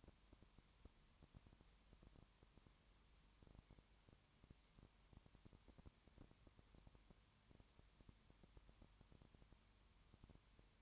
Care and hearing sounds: daily activity, microphone in the room; no activity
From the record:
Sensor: 3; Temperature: 21.1 degrees Celsius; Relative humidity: 37.0%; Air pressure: 1010.6 hPa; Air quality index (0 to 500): 204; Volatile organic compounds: 31 ppm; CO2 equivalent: 2974 ppm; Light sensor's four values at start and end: 2/3/2/2 and 2/3/2/2

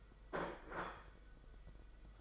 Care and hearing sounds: daily activity, microphone in the room; place plate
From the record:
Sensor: 5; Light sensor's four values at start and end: 39/121/46/49 and 39/121/46/49

